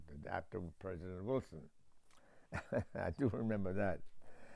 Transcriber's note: chuckles